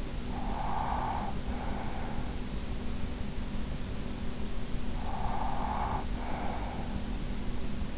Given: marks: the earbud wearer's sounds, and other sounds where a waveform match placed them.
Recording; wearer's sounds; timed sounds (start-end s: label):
sounds in sleep by an in-ear microphone; breath
0.00-2.71 s: breath
4.55-7.37 s: breath